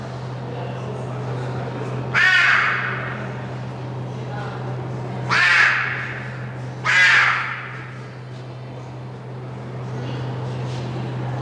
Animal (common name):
Clouded Leopard